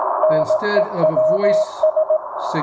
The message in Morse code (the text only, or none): NEWS